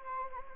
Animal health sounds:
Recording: mosquito wingbeat signal from an infrared sensor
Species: Anopheles gambiae

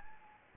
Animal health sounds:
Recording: mosquito wingbeat signal from an infrared sensor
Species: Anopheles gambiae

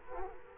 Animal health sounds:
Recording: mosquito wingbeat signal from an infrared sensor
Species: Culex quinquefasciatus

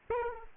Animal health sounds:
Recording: mosquito wingbeat signal from an infrared sensor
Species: Aedes aegypti

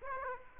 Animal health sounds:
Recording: mosquito wingbeat signal from an infrared sensor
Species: Aedes aegypti

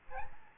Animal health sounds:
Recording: mosquito wingbeat signal from an infrared sensor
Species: Aedes albopictus

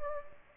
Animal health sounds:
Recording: mosquito wingbeat signal from an infrared sensor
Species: Anopheles gambiae

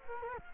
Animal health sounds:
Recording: mosquito wingbeat signal from an infrared sensor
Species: Culex quinquefasciatus

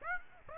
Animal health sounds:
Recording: mosquito wingbeat signal from an infrared sensor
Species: Aedes aegypti

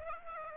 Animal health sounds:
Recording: mosquito wingbeat signal from an infrared sensor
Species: Aedes aegypti

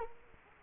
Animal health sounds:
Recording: mosquito wingbeat signal from an infrared sensor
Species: Culex quinquefasciatus

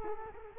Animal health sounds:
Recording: mosquito wingbeat signal from an infrared sensor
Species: Culex quinquefasciatus

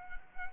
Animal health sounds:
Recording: mosquito wingbeat signal from an infrared sensor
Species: Culex quinquefasciatus

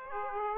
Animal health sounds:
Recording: mosquito wingbeat signal from an infrared sensor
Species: Aedes aegypti

